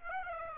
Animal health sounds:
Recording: mosquito wingbeat signal from an infrared sensor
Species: Aedes aegypti

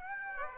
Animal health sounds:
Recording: mosquito wingbeat signal from an infrared sensor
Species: Aedes aegypti

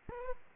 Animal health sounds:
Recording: mosquito wingbeat signal from an infrared sensor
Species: Aedes aegypti

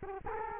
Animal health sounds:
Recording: mosquito wingbeat signal from an infrared sensor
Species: Culex quinquefasciatus

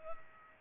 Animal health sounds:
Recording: mosquito wingbeat signal from an infrared sensor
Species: Culex pipiens

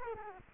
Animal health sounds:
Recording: mosquito wingbeat signal from an infrared sensor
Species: Culex quinquefasciatus

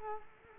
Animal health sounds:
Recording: mosquito wingbeat signal from an infrared sensor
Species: Culex quinquefasciatus

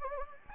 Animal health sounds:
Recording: mosquito wingbeat signal from an infrared sensor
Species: Anopheles gambiae

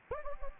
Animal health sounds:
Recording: mosquito wingbeat signal from an infrared sensor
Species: Anopheles gambiae

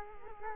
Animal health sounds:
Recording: mosquito wingbeat signal from an infrared sensor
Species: Culex quinquefasciatus

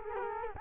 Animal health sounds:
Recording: mosquito wingbeat signal from an infrared sensor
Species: Culex quinquefasciatus

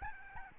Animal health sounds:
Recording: mosquito wingbeat signal from an infrared sensor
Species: Aedes albopictus

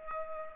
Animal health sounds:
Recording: mosquito wingbeat signal from an infrared sensor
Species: Culex pipiens

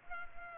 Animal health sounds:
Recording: mosquito wingbeat signal from an infrared sensor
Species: Culex pipiens

